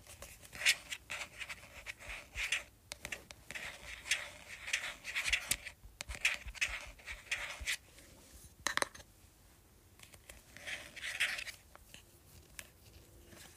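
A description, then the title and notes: Tapping on a plastic organizer comes in quick clustered bursts of light, bright clicks, with short pauses between flurries. The taps are irregular in pace and loudness, a few sharper knocks standing out near nine seconds, over a quiet, low hum. ASMR Tapping Plastic Organizer.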